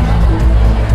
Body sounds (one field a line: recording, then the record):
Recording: background sound without coughing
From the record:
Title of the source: Party Noise 1 Hour Party Ambience